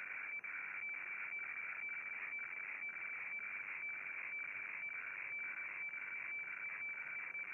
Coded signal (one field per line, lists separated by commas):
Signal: weather fax (radiofax)